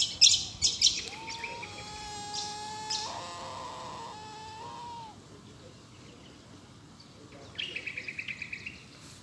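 Bush stone-curlew calling: drawn-out, mournful whistled wails with slight rises and falls, following short chirps from other birds; a quick series of faint chirps comes near the end.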